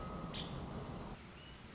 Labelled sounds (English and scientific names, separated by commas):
Nuttall's Woodpecker (Dryobates nuttallii)